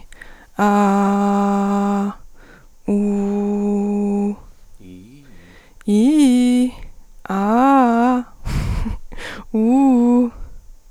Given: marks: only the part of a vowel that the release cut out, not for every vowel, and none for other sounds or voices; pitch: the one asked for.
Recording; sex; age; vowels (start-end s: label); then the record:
sustained vowels; female; 20 to 29 years
0.64-2.01 s: vowel /a/, low pitch
2.92-4.24 s: vowel /u/, low pitch
5.91-6.62 s: vowel /i/, low-high-low pitch
7.36-8.03 s: vowel /a/, low-high-low pitch
9.57-10.19 s: vowel /u/, low-high-low pitch
From the record:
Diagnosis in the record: healthy voice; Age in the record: 23 years